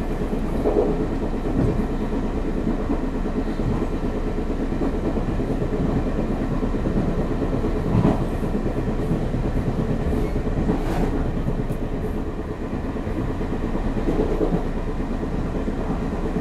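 A train rolls steadily along the rails with a dense low rumble and rhythmic clatter, plus brief brighter squeals near 8 and 11 seconds.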